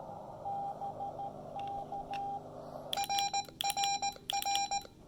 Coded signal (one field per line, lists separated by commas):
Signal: Morse code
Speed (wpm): 18 wpm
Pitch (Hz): 810 Hz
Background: none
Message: BK RRR